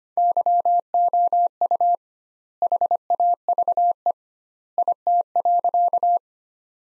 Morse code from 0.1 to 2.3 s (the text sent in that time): YOU